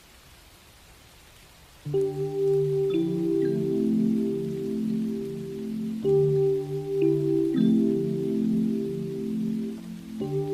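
Soft rain patters steadily throughout, alone for the first two seconds. Then low sustained tones enter like a bowl or organ chord, swelling and pulsing gently, shifting chord around three seconds, restarting near six seconds and again just before ten.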